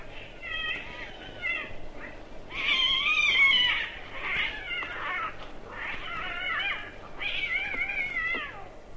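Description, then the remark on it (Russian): Cats caterwauling and fighting in a March cat concert on house rooftops at night, a continuous run of overlapping, wavering high-pitched yowls that rise and fall in loud bursts, with no talking. “В марте кошкам они очень нравятся. Ну, чего нельзя сказать о людях, которые живут в этих домах. Концерты кончаются отчаянной потасовкой между певцами.”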